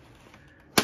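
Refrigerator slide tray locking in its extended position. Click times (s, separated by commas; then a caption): 0.8 s. A heavy-duty roller slide tray under a chest refrigerator in a Winnebago Rialta HD is pulled out, and the rollers run silently with only faint low noise. A sharp, loud hit at 0.8 s marks the end of travel as the slide locks into its extended position.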